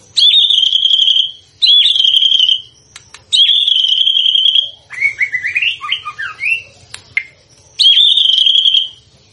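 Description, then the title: White-rumped shama song: long loud level whistled phrases repeated every couple of seconds, with one jumbled warbling passage in the middle. Lure used to make the bird respond; bird described as gacor (energetic, frequent singer). "PANCINGAN MURAI BATU GACOR"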